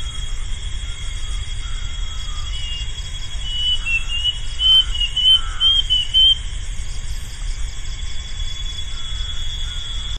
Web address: plaintive cuckoo